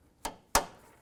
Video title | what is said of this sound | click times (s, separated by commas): How to Replace Radiator Dual Cooling Fan Assembly 2001-2007 Ford Escape | simply just snaps into place like so | 0.6 s